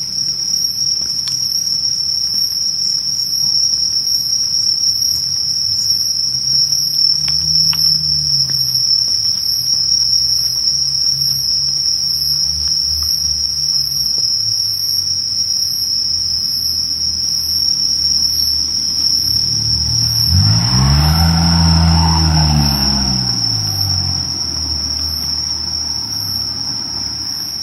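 On a summer night walk, insects trill without pause: a dense, steady, high-pitched chorus with thinner shrill tones above it. Low rumbling swells rise and fall around 7 and 13 seconds, and a louder passing sound builds at about 20–23 seconds.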